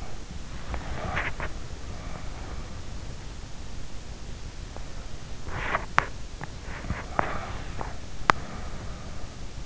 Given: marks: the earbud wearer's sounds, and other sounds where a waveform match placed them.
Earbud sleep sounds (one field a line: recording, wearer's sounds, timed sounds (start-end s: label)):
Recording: sounds in sleep by an in-ear microphone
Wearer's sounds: breath, teeth grinding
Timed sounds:
0.50-1.58 s: breath
1.15-1.66 s: teeth grinding
4.74-8.58 s: teeth grinding
7.24-9.66 s: breath